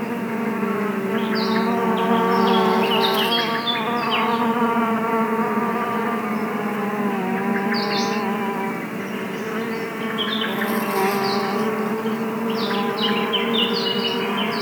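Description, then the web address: Bees humming in an unbroken low drone that swells and eases slightly, with bursts of bird twittering at intervals above. Bees recorded in woods. "best service Blue Box animals bees woods"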